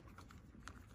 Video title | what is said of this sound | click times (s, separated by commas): How to Winterize (Clean & Store) Your CamelBak | reattach the drink tube to the reservoir you're going to hear a click uh | 0.7 s